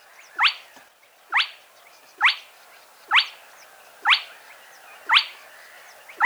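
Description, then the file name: Spotted crake with a repeated rising whistle-crack, about one note per second, against soft background noise. Played back. "Plettet roervagtel"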